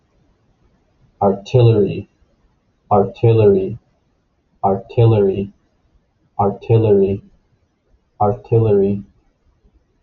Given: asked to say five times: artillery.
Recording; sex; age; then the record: repeated word; male; 20 to 29 years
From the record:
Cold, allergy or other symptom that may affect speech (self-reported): no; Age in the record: 22 years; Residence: Florida, United States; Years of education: 15